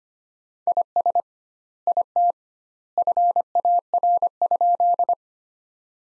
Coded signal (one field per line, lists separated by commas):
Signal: Morse code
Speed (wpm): 25 wpm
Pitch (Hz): 700 Hz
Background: none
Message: IS IT FAR?